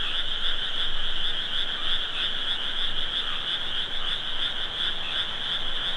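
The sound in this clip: Frogs croaking as an unbroken chorus, the calls merging into a shimmering two-pitched buzz that pulses slightly in loudness.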